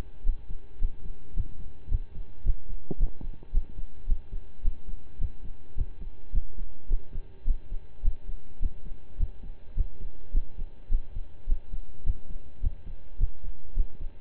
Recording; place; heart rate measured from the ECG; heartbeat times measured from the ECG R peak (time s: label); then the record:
heart sounds by stethoscope; between the tricuspid and mitral areas; 107 bpm
0.23 s: heartbeat
0.78 s: heartbeat
1.34 s: heartbeat
1.88 s: heartbeat
2.43 s: heartbeat
2.97 s: heartbeat
3.51 s: heartbeat
4.06 s: heartbeat
4.62 s: heartbeat
5.18 s: heartbeat
5.75 s: heartbeat
6.31 s: heartbeat
6.88 s: heartbeat
7.44 s: heartbeat
8.02 s: heartbeat
8.59 s: heartbeat
9.17 s: heartbeat
9.74 s: heartbeat
10.31 s: heartbeat
10.89 s: heartbeat
11.46 s: heartbeat
12.03 s: heartbeat
12.60 s: heartbeat
13.17 s: heartbeat
13.74 s: heartbeat
From the record:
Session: slow and fast walking with breaks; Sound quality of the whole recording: saturated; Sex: male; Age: 25 years